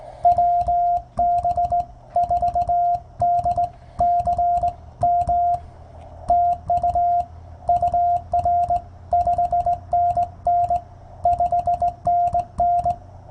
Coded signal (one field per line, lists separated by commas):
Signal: Morse code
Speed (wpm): 16 wpm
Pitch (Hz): 690 Hz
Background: music, radio noise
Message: WB4DCM TU UR 5NN 5NN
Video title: POTA in CW at K-3792 29Sep2023